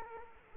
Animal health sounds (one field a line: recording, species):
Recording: mosquito wingbeat signal from an infrared sensor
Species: Culex quinquefasciatus